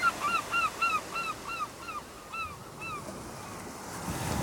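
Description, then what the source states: Gull calls: a rapid series of short, downslurred yelping notes, about four per second and fading, with breaking waves and wind. Distant seagulls on an English coast with waves.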